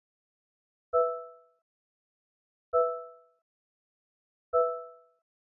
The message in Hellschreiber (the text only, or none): none